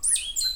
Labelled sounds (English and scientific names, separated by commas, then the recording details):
Stitchbird (Notiomystis cincta) song
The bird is a male
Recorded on Tiritiri Matangi Island, New Zealand, in 2005
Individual 4, of nest box 4